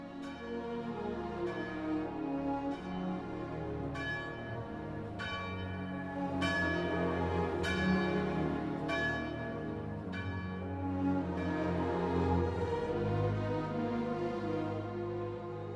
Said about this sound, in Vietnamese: Sau lưng anh, một hồi chuông nhà thờ vừa cất lên, nhắc nhở giáo dân đã đến lúc tụ tập đọc kinh chiều.